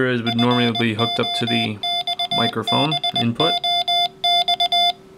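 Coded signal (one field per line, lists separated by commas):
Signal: Morse code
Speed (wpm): 20 wpm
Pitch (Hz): 700 Hz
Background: speech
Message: FOXBOX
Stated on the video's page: Arduino foxbox keys the radio's PTT, sends a CW ID, then a tone for a set time, unkeys and repeats; timing and tone adjustable in code.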